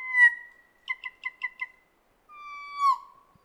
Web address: sound kōkako